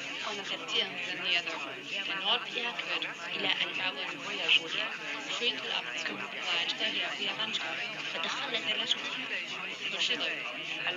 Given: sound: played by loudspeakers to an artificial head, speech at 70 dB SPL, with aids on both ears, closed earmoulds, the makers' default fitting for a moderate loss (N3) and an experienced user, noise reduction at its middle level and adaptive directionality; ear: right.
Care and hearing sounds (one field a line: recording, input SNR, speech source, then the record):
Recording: speech test signal (ISTS) in cocktail-party noise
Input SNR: -3 dB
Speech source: in front (0 degrees)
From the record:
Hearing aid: class 1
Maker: G